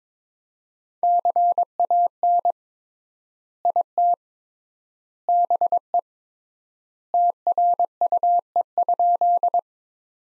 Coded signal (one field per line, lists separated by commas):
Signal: Morse code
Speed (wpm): 22 wpm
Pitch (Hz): 700 Hz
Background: none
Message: CAN IT BE TRUE?